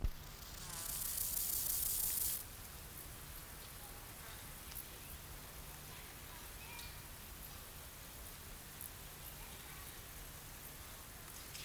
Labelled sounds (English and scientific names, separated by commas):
Rufous Grasshopper (Gomphocerippus rufus) stridulation